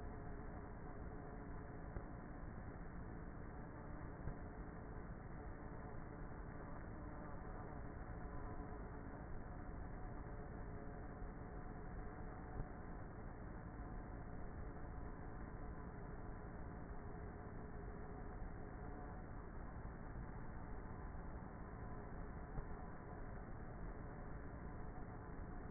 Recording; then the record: honeybee colony, microphone inside the hive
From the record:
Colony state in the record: queenless with a low population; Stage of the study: before two queens were removed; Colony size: about 30,000 bees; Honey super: no